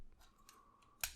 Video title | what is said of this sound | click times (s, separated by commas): Nemesis Reviews Transformers Legacy Laser Optimus Prime | click into place | 1.0 s